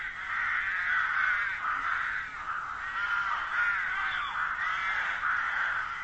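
Bird calls, raspy and harmonic, running almost continuously with slight swells and dips in loudness.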